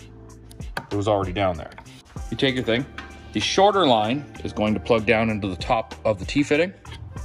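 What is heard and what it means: Someone talks over background music while handling the shorter air line of a tire inflation system, bringing it toward the top of a push-to-connect T fitting, with a few brief handling sounds near the start. Nothing has seated or clicked yet.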